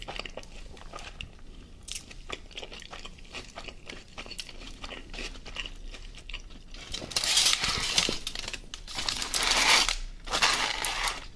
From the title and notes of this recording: Mukbang ASMR Food Döner & Coca Cola.